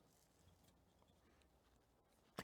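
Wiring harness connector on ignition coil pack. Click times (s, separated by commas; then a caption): 2.4 s. On a 1.4 16v AUA engine in an Audi A2, the locking pin on the plastic wiring harness connector at the back of the ignition coil pack is pushed toward the rear of the car. After about 2.4 seconds of quiet low background noise, one sharp click sounds at 2.4 s as the connector unlatches and is unplugged from the coil pack.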